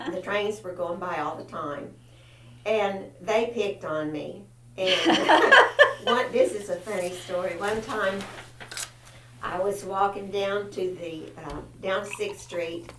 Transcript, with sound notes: The trains were going by all the time and they picked on me. (Laughter) This is a funny story. One time I was walking down to the-- down Sixth Street